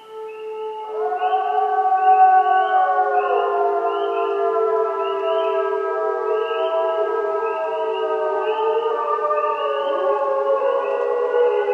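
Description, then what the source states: Wolf: wolves howling, several long sustained tones overlapping in a chorus, some bending downward, with a faint repeated high pulse running above them. Pack howling in answer to a recordist's imitated howl; howls tell a supposed other wolf they are there and help wolves find one another.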